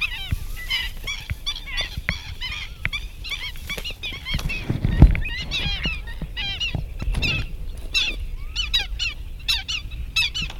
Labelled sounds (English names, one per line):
Black-winged Stilt call